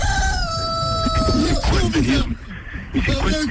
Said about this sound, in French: y a Jean-Louis, il a ramené un coq.